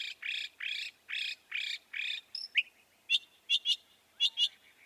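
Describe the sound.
Northern mockingbird song: a series of raspy notes repeated about twice a second, then scattered sharp high chips.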